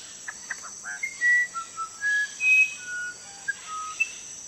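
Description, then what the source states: Musician wren song: a few quick rattly notes, then clear, pure whistles at shifting pitches, some held and some short, over a steady high insect hiss. One of five birds presented singing in nature.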